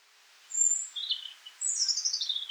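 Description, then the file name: European robin giving thin, very high notes, then a longer warbling phrase that falls in pitch toward its end, over faint background hiss. "Erithacus rubecula"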